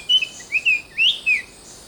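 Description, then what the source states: Brown fantail calling with five short, high squeaky notes, some thin and level, others quickly rising and falling, over a faint hiss. Papua New Guinea.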